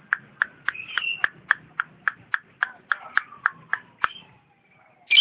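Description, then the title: Lovebird chirping: sharp clicking chirps in a rapid, regular series, with a thin falling whistle running underneath, ending in a loud squeak. Champion lovebird singing. "KICAU BURUNG LOVEBIRD JUARA"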